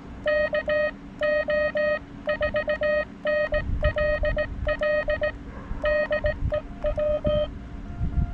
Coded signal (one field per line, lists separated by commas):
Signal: Morse code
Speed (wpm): 18 wpm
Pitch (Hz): 600 Hz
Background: none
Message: KO4NLL DEW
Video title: Will It POTA? - Field Testing the DIY Elecraft AX2 Style Short Base-Loaded Vertical Antenna (day 1)